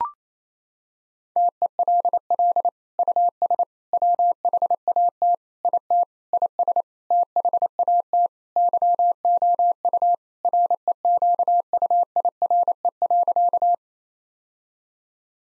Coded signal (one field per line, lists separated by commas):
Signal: Morse code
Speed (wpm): 28 wpm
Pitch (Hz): 700 Hz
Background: none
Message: TELL US WHAT IT IS THAT YOU REQUIRE.